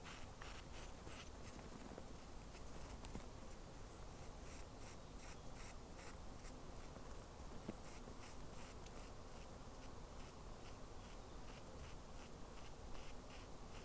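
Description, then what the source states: Rock wren chicks begging with very high-pitched squeaks in a quick, steady series, some longer wavering notes mixed in, over a low background rumble. Rock wren chicks begging; New Zealand native bird.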